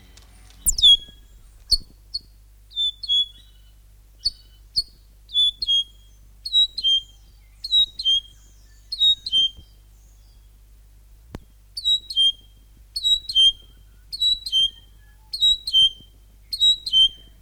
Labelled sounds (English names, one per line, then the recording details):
North Island Saddleback
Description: North Island saddleback/tīeke song
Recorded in New Zealand